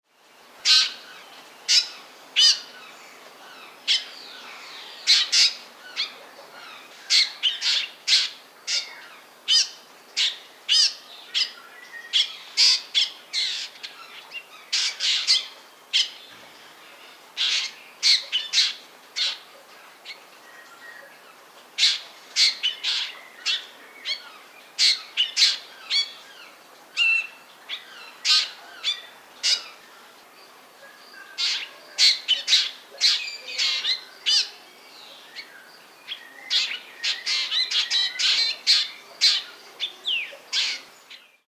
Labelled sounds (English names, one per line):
Black Drongo